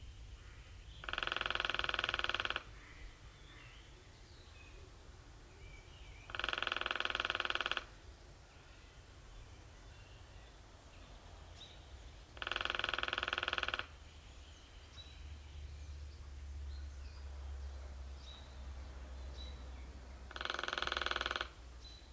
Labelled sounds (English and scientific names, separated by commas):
Lesser Spotted Woodpecker (Dendrocopos minor) drumming